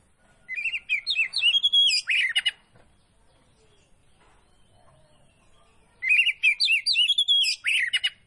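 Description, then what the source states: Oriental magpie-robin singing two bursts of varied whistled and twittering phrases, separated by a few seconds of near silence. Kacer poci variety, singing vigorously (gacor).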